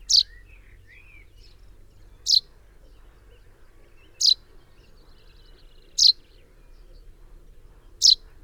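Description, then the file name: Common chaffinch calls: a sharp, high single note repeated about every two seconds, with two soft lower whistles near the start over a faint low hum. "Fringilla coelebs"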